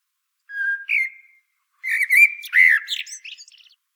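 Common blackbird: a clear low whistle and a short slurred note, a pause, then a louder melodious warble ending in thin, high chirps.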